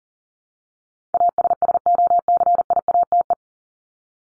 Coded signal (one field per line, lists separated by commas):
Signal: Morse code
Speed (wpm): 40 wpm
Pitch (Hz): 700 Hz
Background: none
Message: ASSOCIATE